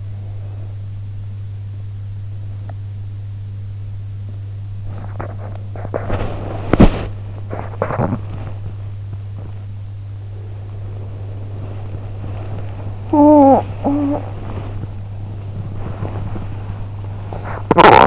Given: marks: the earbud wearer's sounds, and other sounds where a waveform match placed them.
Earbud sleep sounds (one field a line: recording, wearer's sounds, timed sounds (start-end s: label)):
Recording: sounds in sleep by an in-ear microphone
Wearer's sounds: breath, body movement, talking in sleep, teeth grinding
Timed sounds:
0.00-0.91 s: breath
4.78-17.67 s: body movement
13.03-14.29 s: talking in sleep
17.65-18.07 s: teeth grinding